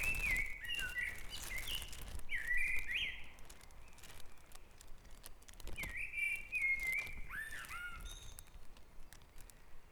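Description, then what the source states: Birds singing in a dawn chorus: bright whistled phrases that rise and fall in two bursts, with higher chirps joining near the end. Dawn chorus at Back Dragon Avenue, Harrogate, part of a sound map of Harrogate.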